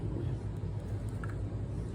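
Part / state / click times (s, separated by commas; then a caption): small internal parts going into a pistol frame / seated / 1.2 s, 1.3 s. During reassembly of a Glock 20 Gen 4 pistol, small internal parts are wiggled and worked into the polymer frame over a steady low rumble. Two short clicks at 1.2 s and 1.3 s mark the parts seating into place.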